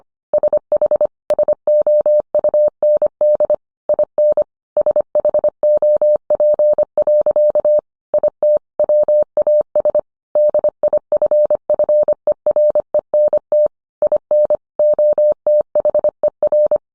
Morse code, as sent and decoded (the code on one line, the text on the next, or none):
... .... / ... --- ..- -. -.. / .. -. / ... .... --- .--. .-.-.- / .. - / .-- .- ... / -.. .. ..-. ..-. . .-. . -. - / .. -. / --- - .... . .-.
SH SOUND IN SHOP. IT WAS DIFFERENT IN OTHER